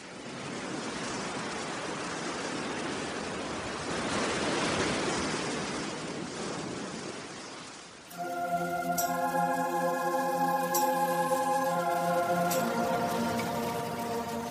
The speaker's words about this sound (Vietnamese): Biển đêm lặng lẽ, chỉ có tiếng sóng xô ào ạt từng đợt lên bờ cát, tràn lên cả dĩa san hô chết mấp mé gốc cây phong ba già.